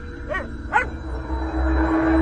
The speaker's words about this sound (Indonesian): Baru saja akan terpejam mataku, terdengar suara gonggongan anjing tetangga yang tidak henti